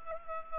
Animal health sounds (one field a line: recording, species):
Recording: mosquito wingbeat signal from an infrared sensor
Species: Culex pipiens